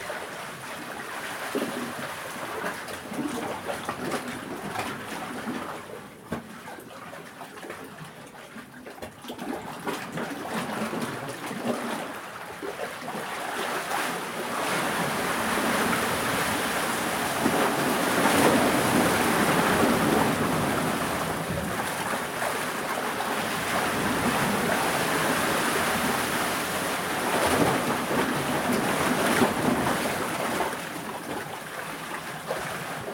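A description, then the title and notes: Waves wash over a pebble shore, the sound thinning around six to twelve seconds and then swelling into a fuller, steady hiss of churning water from about fifteen seconds on. Fine rattling and fizzing fill the mid and upper range, with a thin high whine running throughout. Gentle and relaxing sounds of waves on a pebble beach. The ebb and flow of waves on a pebble shore. It's an overcast autumn day at Pwll Du on Gower – a hidden smugglers' cove. Recorded and presented by Hannah Tribe.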